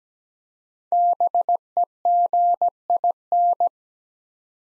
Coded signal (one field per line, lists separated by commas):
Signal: Morse code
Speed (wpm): 17 wpm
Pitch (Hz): 700 Hz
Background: none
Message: BEGIN